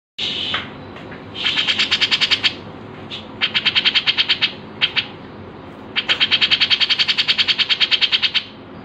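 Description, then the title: Grey-cheeked bulbul song, rapid chattering bursts of high buzzy pulses lasting up to about two and a half seconds each, separated by short pauses and single sharp notes. Training song for other birds (masteran). "MASTERAN CUCAK JENGGOT"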